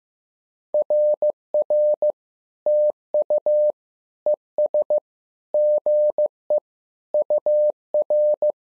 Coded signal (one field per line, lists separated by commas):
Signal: Morse code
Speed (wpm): 15 wpm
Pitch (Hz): 600 Hz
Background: none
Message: RR TU ES GE UR